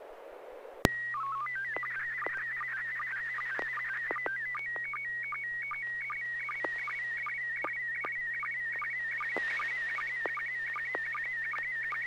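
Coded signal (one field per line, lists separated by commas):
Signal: SSTV (slow-scan television)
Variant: PD 50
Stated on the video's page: SSTV net on a 441.300 MHz FM repeater in Sacramento, sent using MMSSTV software.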